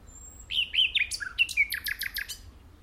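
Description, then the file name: Common nightingale song: a few sweet whistled notes, then a quick series of sharp, repeated buzzy chips. "Luscinia megarhynchos"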